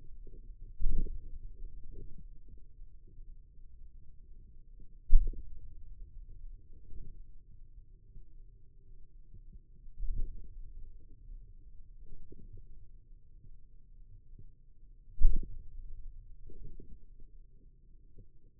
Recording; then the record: forearm muscle sounds (acoustic myography)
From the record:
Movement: hand opening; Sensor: system 2, bracelet of six BSWA MPA416 microphones around the upper forearm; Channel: 3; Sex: male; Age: 22 years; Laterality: right